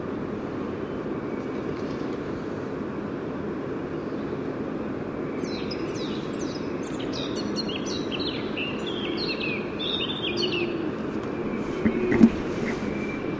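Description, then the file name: Eurasian blackcap song: a quick burst of varied warbled, chattering notes lasting about five seconds, over steady broad background noise with a soft knock near the end. "Sylvia atricapilla"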